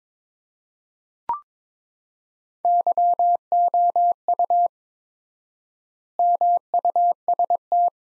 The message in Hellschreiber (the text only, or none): none